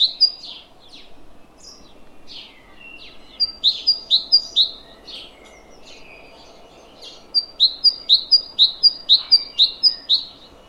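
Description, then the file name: Great tit singing two bursts of rhythmic, repeated two-note phrases, separated by a few looser chirps, over a faint steady background hiss. "Parus major"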